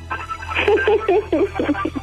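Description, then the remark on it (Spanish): A thin, tinny voice plays through a cellphone speaker in short phrases, with a steady low hum running underneath the whole time. “No, aquí está mi hija y estoy escuchando un celular.”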